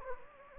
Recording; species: mosquito wingbeat signal from an infrared sensor; Anopheles gambiae